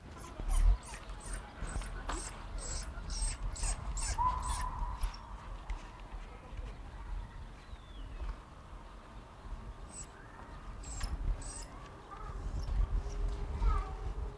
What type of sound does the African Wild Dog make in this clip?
whimpering